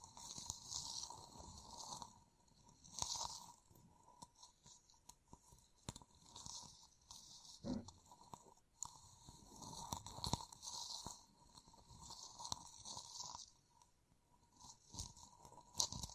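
Fingertips tap and scratch in irregular crunchy bursts, some bright and hissy, with a faint steady tone underneath and one sharp knock near eight seconds.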